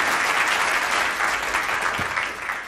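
applause

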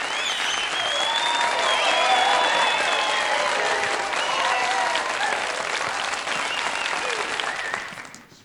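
audience applause

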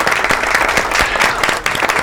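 studio audience applause

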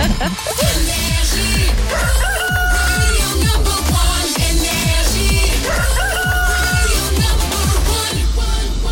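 rooster crowing

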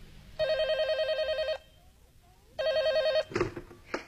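telephone ringing

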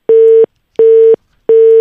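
telephone dial tone

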